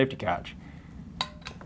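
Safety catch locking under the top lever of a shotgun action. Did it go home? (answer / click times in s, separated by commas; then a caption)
yes / 1.2 s. Someone talks as the safety catch on an antique side-by-side shotgun is pushed and snaps into its locked position under the top lever, with a sharp metallic click at 1.2 s and fainter clicks following. The catch is confirmed locked and stays there until the top lever is opened.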